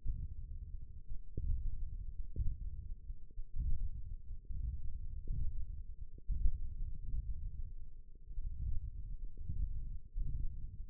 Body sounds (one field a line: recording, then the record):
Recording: forearm muscle sounds (acoustic myography)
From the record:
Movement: index flexion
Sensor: system 1, eight BSWA MPA416 microphones around the upper forearm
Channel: 2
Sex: male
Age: 21 years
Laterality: right